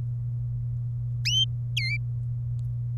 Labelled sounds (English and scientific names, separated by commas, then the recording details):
Domestic Canary (Serinus canaria) song
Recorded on 27 April 2018 at 13:28
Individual llb3